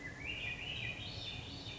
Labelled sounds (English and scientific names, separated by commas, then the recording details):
Swainson's Thrush (Catharus ustulatus)
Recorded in Sonoma County, California